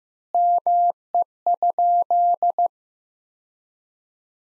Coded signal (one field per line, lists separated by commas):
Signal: Morse code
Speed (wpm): 16 wpm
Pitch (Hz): 700 Hz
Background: none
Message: ME?